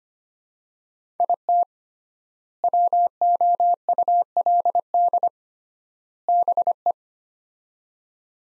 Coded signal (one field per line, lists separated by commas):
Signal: Morse code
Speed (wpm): 25 wpm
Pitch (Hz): 700 Hz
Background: none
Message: IT WOULD BE